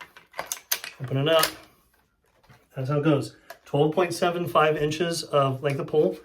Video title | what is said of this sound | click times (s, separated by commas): SKS Folding stock-The Final Update (Again) | Folds up, locks in place. | 0.7 s